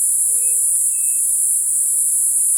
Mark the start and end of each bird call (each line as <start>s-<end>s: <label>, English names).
0.07s-0.83s: White-tipped Dove
0.30s-1.29s: Striped Cuckoo